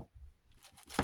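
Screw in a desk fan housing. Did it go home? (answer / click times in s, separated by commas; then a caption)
no / 1.0 s. A screwdriver turns a screw in the housing of a gray Galaxy 9" oscillating desk fan while it is being taken apart for cleaning, with faint low rumbles and light scraping that build into brighter hiss. A sharp hit at 1.0 s marks the slip as the screw strips out while being unscrewed.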